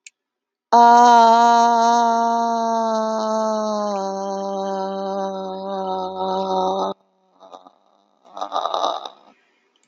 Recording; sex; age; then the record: vowel held as long as possible; female; 30 to 39 years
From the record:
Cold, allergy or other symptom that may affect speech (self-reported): no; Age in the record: 39 years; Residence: Alabama, United States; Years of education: 16